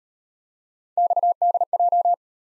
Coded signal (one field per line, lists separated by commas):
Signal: Morse code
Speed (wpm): 38 wpm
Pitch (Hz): 700 Hz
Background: none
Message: XDJ